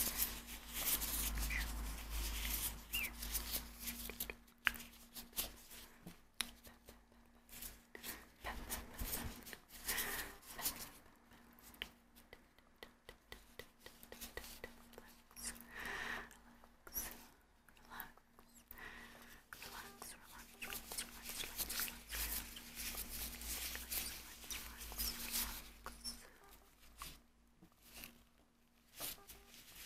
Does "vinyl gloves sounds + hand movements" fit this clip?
yes